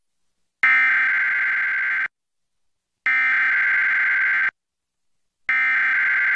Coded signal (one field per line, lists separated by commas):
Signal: Emergency Alert System (SAME) tones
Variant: header bursts